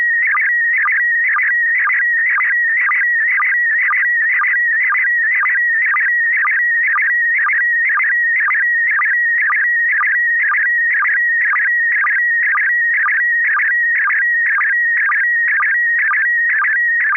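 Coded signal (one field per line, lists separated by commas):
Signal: SSTV (slow-scan television)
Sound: warbling, chirping tone with a steady rhythmic low blip about twice a second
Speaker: uh does anybody else have a picture that they want to send or shall I send a picture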